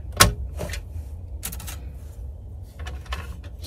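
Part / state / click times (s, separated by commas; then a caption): DDR3 memory module into a desktop motherboard DIMM slot / seated / 0.2 s. A DDR3 desktop memory module is pressed down into the DIMM slot on the motherboard of an HP Compaq Elite 8300 Small Form Factor PC, and the retaining latches snap with a sharp click at 0.2 s. Fainter clicks and handling noises follow, and the module is seated.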